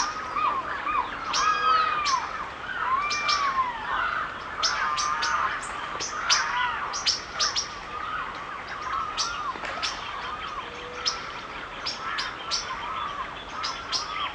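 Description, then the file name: Birds: busy bird chorus of arched, looping whistles and bursts of high chirps, loudest early on, over a continuous rain-like hiss. Forest birds singing in the rain; natural forest soundscape. "Nature Sounds Sonido Del Bosque y Naturaleza It s Raining - Calming Nature Bird Songs"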